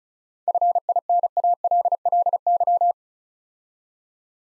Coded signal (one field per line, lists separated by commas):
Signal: Morse code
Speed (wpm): 36 wpm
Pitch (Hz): 700 Hz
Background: none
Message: FINALLY